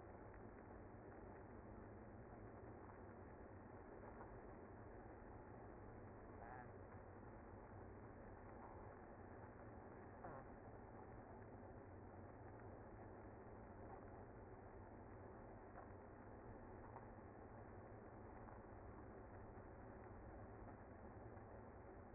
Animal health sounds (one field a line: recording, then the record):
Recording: honeybee colony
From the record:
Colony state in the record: active